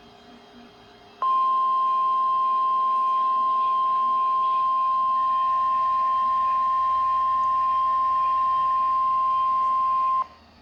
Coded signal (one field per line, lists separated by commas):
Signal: Emergency Alert System (SAME) tones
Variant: 1050 Hz attention tone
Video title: Required Weekly Test (7/6/22)(EAS #1,057)